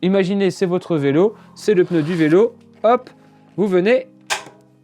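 A wall-mounted bike holder clip is handled and brought toward a bicycle wheel's tyre and carbon rim while someone talks. Nothing has seated or clicked yet.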